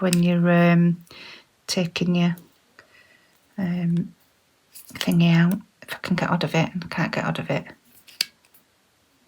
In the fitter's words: Ah, there we go. I needed you need to sort of click it twice.